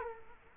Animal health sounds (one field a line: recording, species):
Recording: mosquito wingbeat signal from an infrared sensor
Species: Culex quinquefasciatus